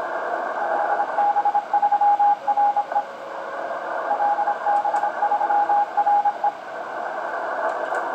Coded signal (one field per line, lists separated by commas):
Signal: Morse code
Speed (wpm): 26 wpm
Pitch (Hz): 820 Hz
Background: radio noise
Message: LB3RE LB3RE